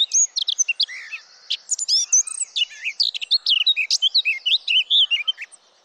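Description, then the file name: Eurasian blackcap delivering a sustained, rich warble of quick fluty whistles and scratchy notes, continuous and loud almost throughout. "Sylvia atricapilla"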